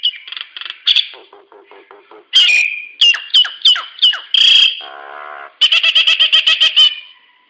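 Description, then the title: Nias hill myna calls: clipped chattering notes, loud downslurred whistles in a repeated series, a nasal buzzy note, then a fast harsh rattle. "Burung jalak nias"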